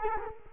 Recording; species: mosquito wingbeat signal from an infrared sensor; Culex quinquefasciatus